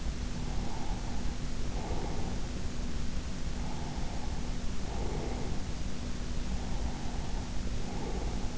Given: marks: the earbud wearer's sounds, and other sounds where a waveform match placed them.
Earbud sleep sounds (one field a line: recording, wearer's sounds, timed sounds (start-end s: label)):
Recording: sounds in sleep by an in-ear microphone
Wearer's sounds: breath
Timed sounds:
0.46-2.34 s: breath
3.54-5.54 s: breath
6.50-8.58 s: breath